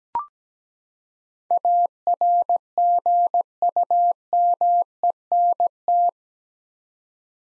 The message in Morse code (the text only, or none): ARGUMENT